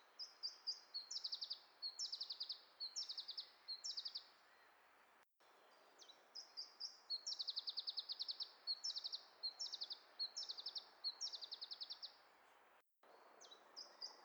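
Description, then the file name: Iberian chiffchaff song: short high notes leading into rapid trilled phrases, repeated in quick succession over soft background noise. "iberischer zilpzalp"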